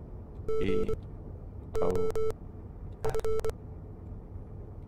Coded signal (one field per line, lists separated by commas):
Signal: Morse code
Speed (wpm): 23 wpm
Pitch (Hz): 440 Hz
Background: none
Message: GOF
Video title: Wolfpack | Everything Radio | How to use the Radio Room